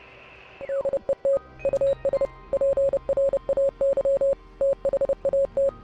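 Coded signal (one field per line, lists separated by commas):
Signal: Morse code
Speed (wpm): 30 wpm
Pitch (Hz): 550 Hz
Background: music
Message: DET US PRAY THAT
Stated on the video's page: Morse heard among strange radio frequencies in the game Oxenfree.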